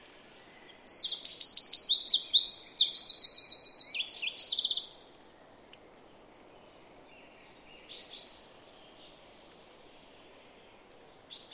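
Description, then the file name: Eurasian wren song: a four-second burst of loud, rapid, high trills and chattering phrases, followed by quiet with a few faint short notes later. "Troglodytes troglodytes"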